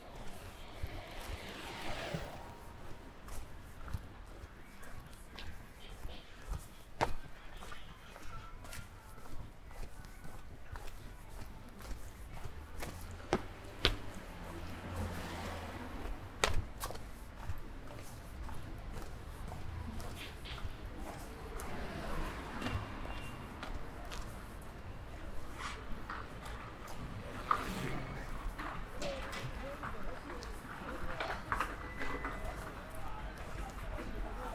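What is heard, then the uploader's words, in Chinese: A walk through Xiang'er Hutong on the way to eat noodles. Scattered voices drift over a steady low murmur, with footsteps and sharp knocks or clicks around seven, fourteen, sixteen and twenty-eight seconds, while traffic rumbles faintly underneath. 去香饵胡同吃小面｜城市声音。下午。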